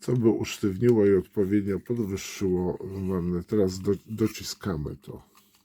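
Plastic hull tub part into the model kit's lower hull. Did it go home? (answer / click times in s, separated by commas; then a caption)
no / none. Someone talks while pressing the plastic hull tub of a 1/72 scale Vespid 720013 Flakpanzer 341 model kit down into the kit's lower hull, because its rear was assembled wrong and made it sit too high. Nothing has seated or clicked yet when the clip ends.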